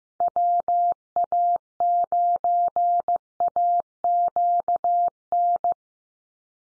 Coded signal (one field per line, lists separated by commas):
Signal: Morse code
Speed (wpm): 15 wpm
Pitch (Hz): 700 Hz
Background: none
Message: WA9AQN